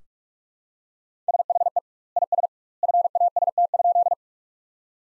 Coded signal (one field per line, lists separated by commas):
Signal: Morse code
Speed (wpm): 46 wpm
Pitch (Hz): 700 Hz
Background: none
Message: SHE IS FAST?